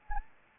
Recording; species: mosquito wingbeat signal from an infrared sensor; Anopheles gambiae